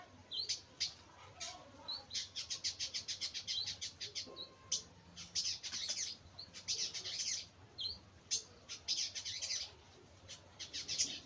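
Bird chirping: rapid high chips in repeated bursts, mixed with short whistled notes.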